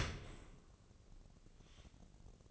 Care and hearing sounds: daily activity, microphone in the room; open dishwasher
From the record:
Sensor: 4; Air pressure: 1013.2 hPa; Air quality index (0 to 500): 172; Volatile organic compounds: 2 ppm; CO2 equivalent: 1085 ppm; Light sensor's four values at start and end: 79/197/82/84 and 78/194/81/83

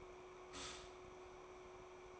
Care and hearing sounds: daily activity, microphone in the room; stop toaster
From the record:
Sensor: 1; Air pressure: 1014.7 hPa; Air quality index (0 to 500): 196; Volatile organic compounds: 30 ppm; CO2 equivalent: 2965 ppm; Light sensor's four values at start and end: 4/9/3/3 and 4/9/3/3

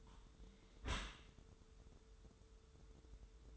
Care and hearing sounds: daily activity, microphone in the room; close dishwasher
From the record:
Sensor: 3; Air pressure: 1014.9 hPa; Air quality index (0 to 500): 33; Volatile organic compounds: 1 ppm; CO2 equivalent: 548 ppm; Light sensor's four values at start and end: 11/26/11/11 and 11/26/11/10

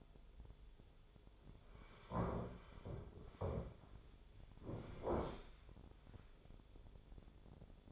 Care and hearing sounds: daily activity, microphone in the room; sit down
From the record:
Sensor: 5

